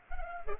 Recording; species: mosquito wingbeat signal from an infrared sensor; Culex pipiens